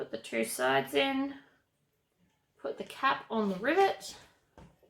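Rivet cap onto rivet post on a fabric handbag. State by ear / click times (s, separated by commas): not seated / none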